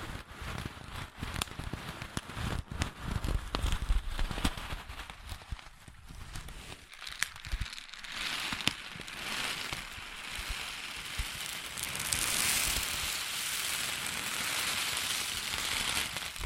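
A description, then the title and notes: Crunchy slime being squeezed gives dense crackling pops through the first half, then settles into a steadier, brighter hiss of fine crackles. ASMR Satisfying Crunchy Slime (No Talking).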